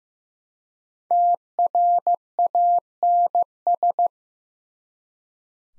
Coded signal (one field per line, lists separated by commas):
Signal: Morse code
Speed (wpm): 15 wpm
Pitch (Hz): 700 Hz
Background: none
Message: TRANS